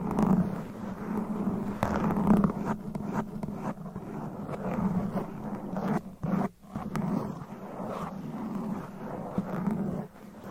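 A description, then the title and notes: Fingernails scratch directly against a microphone in a steady rasping rub that runs almost without pause, heavy in the low-middle range. Sharp taps and clicks break through every second or so, and the scratching drops out briefly around six and a half seconds. ASMR Mic Scratching Brain Scratching with Different Nail Shapes Asmr No Talking.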